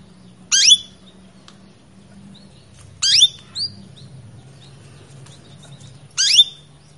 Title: Canto Para Esquentar Canário Belga. Suara Kenari Betina Birahi Memanggil Pejantan